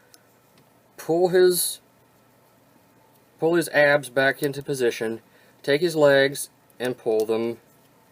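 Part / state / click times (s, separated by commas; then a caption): plastic leg parts folding into a transforming robot figure / not seated / none. Someone talks while handling a DX9 Mightron (War in Pocket) transforming robot figure mid-transformation, moving the abs back into position and pulling the plastic legs forward so they collapse. Brief faint ticks are heard at about 0.1 s and 8.2 s. The plastic leg joints have not yet snapped into place; nothing has seated or clicked yet.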